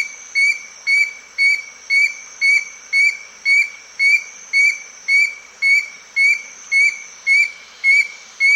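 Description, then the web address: Black-crowned antpitta singing a long, evenly spaced series of short whistled notes, each with a slight upward slur, nearly two notes every second. South America. "Natures Songs S America Black-Crowned Antpitta"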